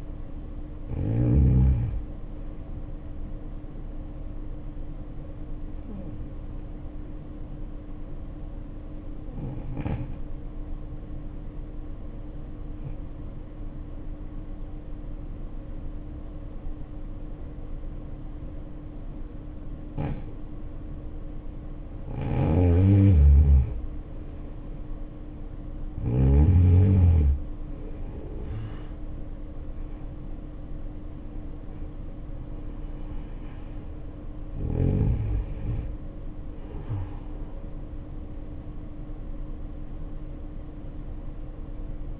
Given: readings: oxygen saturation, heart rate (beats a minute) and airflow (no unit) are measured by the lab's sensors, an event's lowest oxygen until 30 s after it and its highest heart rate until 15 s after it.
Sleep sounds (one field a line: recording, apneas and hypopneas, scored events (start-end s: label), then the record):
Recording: breathing in sleep by a smartphone at the bedside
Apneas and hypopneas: 1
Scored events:
4.00-22.90 s: hypopnea (N1, oxygen 96% highest, then 81% lowest, heart rate 63 at the start, 76 highest)
11.00-42.20 s: new sleep stage, N2 (light sleep)
From the record:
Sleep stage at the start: N1 (lightest sleep)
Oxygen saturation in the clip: 78 to 96%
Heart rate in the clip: 54 to 76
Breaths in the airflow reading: 6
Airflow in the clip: -8.4 to 7.6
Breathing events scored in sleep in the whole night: 520 in 7.2 hours asleep